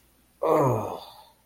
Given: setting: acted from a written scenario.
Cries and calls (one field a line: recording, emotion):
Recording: vocal sound without words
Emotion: guilt